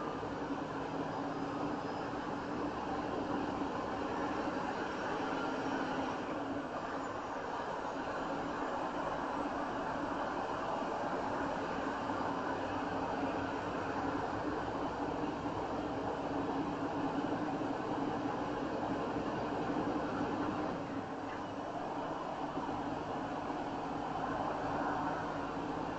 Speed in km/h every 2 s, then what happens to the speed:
44, 48, 50, 50, 52, 53, 55, 56, 60, 63, 64, 64, 66.
0-3 speeds up to 50. 3-9 steady at about 50. 9-26 speeds up to 66.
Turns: none.